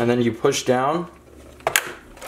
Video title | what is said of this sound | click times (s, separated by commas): Disassembly Dell OptiPlex Small Form Factor PC- Upgrade Ram & SSD | and the tabs will close by themselves and lock into place | 1.7 s, 1.8 s